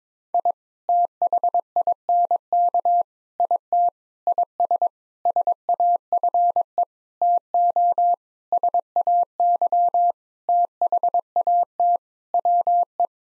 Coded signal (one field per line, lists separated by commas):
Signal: Morse code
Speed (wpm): 22 wpm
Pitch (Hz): 700 Hz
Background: none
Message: I THINK IT IS SAFE TO SAY THAT WE